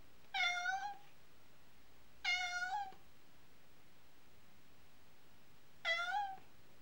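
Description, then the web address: Cat miaowing three times, each call brief, spaced a few seconds apart, with nothing else heard. "The BBC Sound Effects Library. Cat miaowing"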